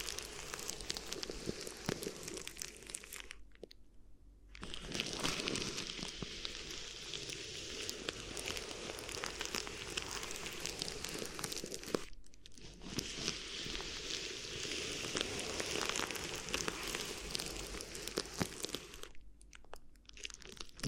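Crinkly ear massage with dense, bright crackling and rustling that stops briefly around 4 seconds, 12 seconds and 19 seconds.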